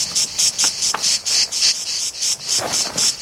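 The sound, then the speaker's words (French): A cicada sings alone in a loud, high-pitched buzzing drone, pulsing in quick, even bursts about five times a second throughout, with no voices. “La cigale, dès qu'elle sent votre présence, elle s'arrête de chanter.”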